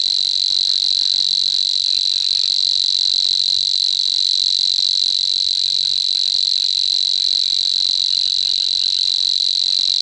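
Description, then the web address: Savi's warbler song: a long, even, rapid buzzing reel at high pitch running without pause, with a few soft low sounds beneath. "agykontroll Madardalok Cd 3. Nádi tücsökmadár"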